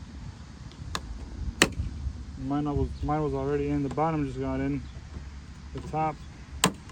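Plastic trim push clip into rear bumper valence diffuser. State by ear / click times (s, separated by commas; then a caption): seated / 6.6 s. A plastic push-type trim retainer clip is pressed by its top into the rear bumper valence diffuser panel of a 2018–2022 Honda Accord while someone talks. Sharp snaps are heard at about 1.0 s and 1.6 s, and the clip clicks in with a sharp snap at 6.6 s, seating it.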